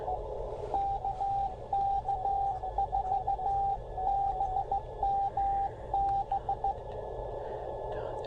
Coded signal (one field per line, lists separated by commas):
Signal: Morse code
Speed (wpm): 15 wpm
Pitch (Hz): 790 Hz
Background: radio noise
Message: KK4BMB